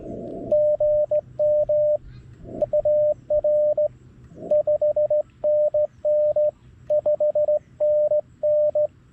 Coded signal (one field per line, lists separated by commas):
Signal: Morse code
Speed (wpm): 16 wpm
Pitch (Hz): 600 Hz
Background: radio noise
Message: GM AR 5NN 5NN